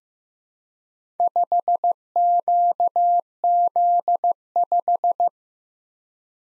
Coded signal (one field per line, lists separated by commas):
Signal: Morse code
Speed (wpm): 15 wpm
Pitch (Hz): 700 Hz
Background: none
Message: 5QZ5